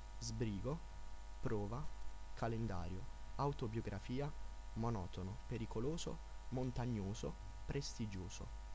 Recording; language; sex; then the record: read list of words; Italian; male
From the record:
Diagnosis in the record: healthy control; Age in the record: 19 years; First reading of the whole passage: 46 s, 11.4 characters per second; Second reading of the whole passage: 54 s, 9.6 characters per second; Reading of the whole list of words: 54 s, 5.2 characters per second